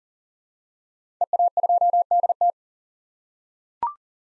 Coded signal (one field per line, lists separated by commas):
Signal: Morse code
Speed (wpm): 40 wpm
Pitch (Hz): 700 Hz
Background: none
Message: EA2DT